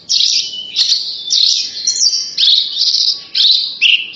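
Horsfield's bush lark delivering dense, rasping high notes in short bursts, some ending in a downward slur.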